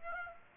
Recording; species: mosquito wingbeat signal from an infrared sensor; Aedes aegypti